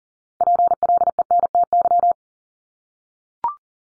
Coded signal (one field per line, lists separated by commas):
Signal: Morse code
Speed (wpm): 40 wpm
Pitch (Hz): 700 Hz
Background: none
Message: PLENTY